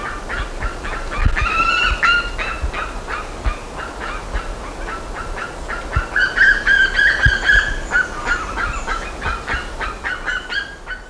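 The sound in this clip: Bird giving many quick, harsh harmonic notes in fast succession, with a few soft low thumps.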